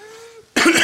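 A single harsh cough burst from an adult who is wheezing heavily, preceded by a faint, steady tone.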